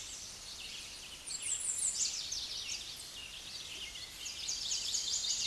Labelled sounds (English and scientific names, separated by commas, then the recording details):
American Redstart (Setophaga ruticilla) song
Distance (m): 20 m
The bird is about 15 m above the microphone
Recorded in a Pennsylvania forest on 16 May 2024 at 08:53
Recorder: AudioMoth, point MSD-0019
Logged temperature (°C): 16.7 °C
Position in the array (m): 57 m, 233 m